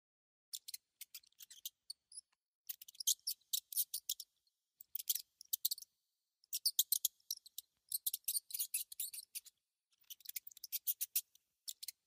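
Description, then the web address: Mouse squeaks and chatter: rapid bursts of high, scratchy clicking in clusters with brief pauses, plus a few thin tonal squeaks. "animals mouse mouse"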